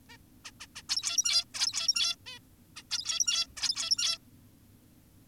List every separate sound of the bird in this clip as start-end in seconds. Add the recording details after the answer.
0.10-0.17, 0.45-0.51, 0.60-0.67, 0.76-0.82, 0.90-1.45, 1.54-2.16, 2.26-2.39, 2.76-2.83, 2.91-3.47, 3.57-4.18. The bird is an adult. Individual g17y2U